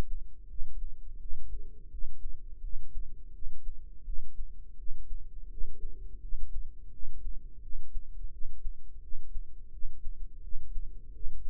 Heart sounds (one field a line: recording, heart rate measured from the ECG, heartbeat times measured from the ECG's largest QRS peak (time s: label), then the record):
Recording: heart sounds by microphone in the right ear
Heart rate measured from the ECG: 85 bpm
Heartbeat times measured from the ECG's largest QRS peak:
0.46 s: heartbeat
1.18 s: heartbeat
1.88 s: heartbeat
2.60 s: heartbeat
3.31 s: heartbeat
4.03 s: heartbeat
4.75 s: heartbeat
5.48 s: heartbeat
6.19 s: heartbeat
6.90 s: heartbeat
7.60 s: heartbeat
8.30 s: heartbeat
8.99 s: heartbeat
9.69 s: heartbeat
10.40 s: heartbeat
11.11 s: heartbeat
From the record:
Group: healthy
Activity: rest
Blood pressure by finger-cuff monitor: 91/56 mmHg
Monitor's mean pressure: 71 mmHg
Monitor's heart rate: 85 bpm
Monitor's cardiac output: 6.5 L/min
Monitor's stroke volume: 77 mL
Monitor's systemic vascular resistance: 780 dyn s/cm5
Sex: female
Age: 43 years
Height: 160 cm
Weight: 90 kg